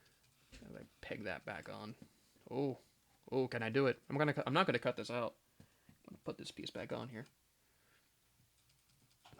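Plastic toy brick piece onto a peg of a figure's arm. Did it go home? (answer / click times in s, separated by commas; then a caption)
no / none. Someone talks while handling a plastic construction-toy arm piece that flew off, fumbling with its orientation as they try to press it back onto a peg of a figure's arm. Nothing has seated or clicked yet; the clip ends just before the piece goes home.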